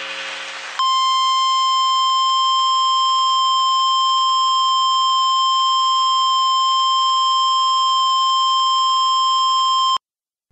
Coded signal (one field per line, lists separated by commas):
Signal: Emergency Alert System (SAME) tones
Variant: 1050 Hz attention tone